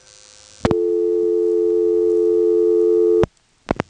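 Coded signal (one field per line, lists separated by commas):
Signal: telephone call progress tone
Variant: North America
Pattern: dial tone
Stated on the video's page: Step-by-step telephone exchange with directors, Elizabeth City NC area, 1977.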